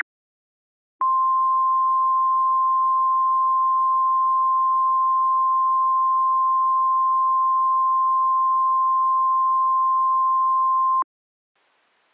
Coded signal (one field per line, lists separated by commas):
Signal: Emergency Alert System (SAME) tones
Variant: 1050 Hz attention tone